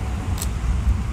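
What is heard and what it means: Turning the rewind crank on a Minolta SRT-101 manual 35mm film camera rewinds the roll until the film leader pulls free of the take-up spool inside the camera. A short, faint click at 0.4 s marks the leader releasing, over a steady low rumble from strong wind. The film end is confirmed released from the spool.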